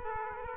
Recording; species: mosquito wingbeat signal from an infrared sensor; Aedes aegypti